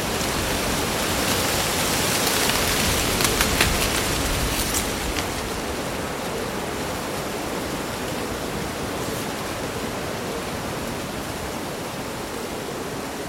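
Leaves rustle in a steady, dense hiss that fills the whole clip, brighter and a little louder in the first five seconds with a few quick crackling bursts around three to five seconds. Afterward the rustling settles into an even, softer wash.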